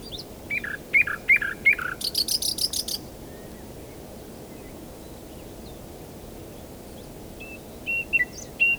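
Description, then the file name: Common nightingale phrase of sharp repeated notes running into a harsh, buzzy burst. A long quiet pause follows, then a few whistled notes return near the end. "Luscinia megarhynchos"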